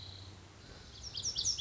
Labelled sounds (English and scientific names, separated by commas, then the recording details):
Lazuli Bunting (Passerina amoena)
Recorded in Sonoma County, California